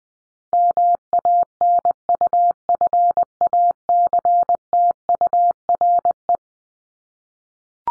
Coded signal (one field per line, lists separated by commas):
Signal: Morse code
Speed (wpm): 20 wpm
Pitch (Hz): 700 Hz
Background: none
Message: MANUFACTURE